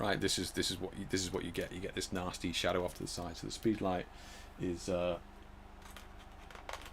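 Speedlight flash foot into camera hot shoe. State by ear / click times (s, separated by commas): not seated / none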